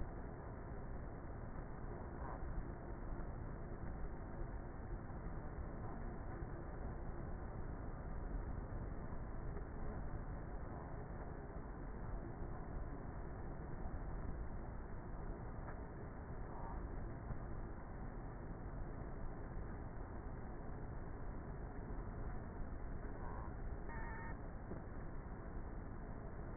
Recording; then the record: honeybee colony, microphone inside the hive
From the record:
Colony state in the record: queenless with a low population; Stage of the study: before two queens were removed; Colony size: about 30,000 bees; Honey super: no